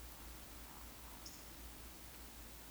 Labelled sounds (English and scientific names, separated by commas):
Eurasian Woodcock (Scolopax rusticola) whistle, Eurasian Woodcock (Scolopax rusticola) croak